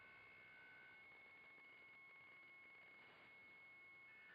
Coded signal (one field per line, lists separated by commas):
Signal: PSK63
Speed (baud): 62.5 baud